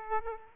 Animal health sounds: mosquito wingbeat signal from an infrared sensor; Aedes aegypti

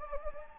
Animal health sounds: mosquito wingbeat signal from an infrared sensor; Anopheles gambiae

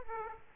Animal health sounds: mosquito wingbeat signal from an infrared sensor; Aedes aegypti

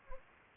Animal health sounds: mosquito wingbeat signal from an infrared sensor; Anopheles gambiae

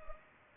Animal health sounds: mosquito wingbeat signal from an infrared sensor; Culex pipiens

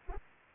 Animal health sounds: mosquito wingbeat signal from an infrared sensor; Anopheles arabiensis

